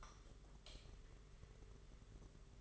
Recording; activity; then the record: daily activity, microphone in the room; light off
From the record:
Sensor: 4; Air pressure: 991.8 hPa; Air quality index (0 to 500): 99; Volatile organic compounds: 11 ppm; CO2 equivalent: 2306 ppm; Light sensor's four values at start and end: 9/25/9/11 and 7/16/6/6